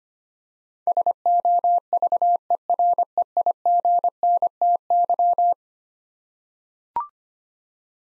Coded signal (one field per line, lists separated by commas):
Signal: Morse code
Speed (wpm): 25 wpm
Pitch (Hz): 700 Hz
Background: none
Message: SOVEREIGNTY